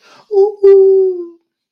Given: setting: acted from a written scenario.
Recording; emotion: vocal sound without words; elation